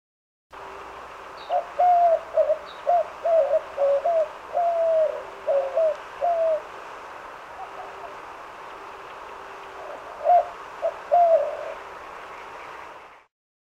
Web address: 101 Bird Songs. White Winged Dove